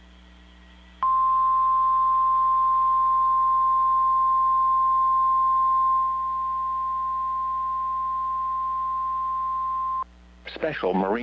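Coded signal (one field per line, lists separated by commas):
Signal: Emergency Alert System (SAME) tones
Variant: 1050 Hz attention tone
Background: speech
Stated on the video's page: Real EAS activation recorded from Daytona Beach weather radio.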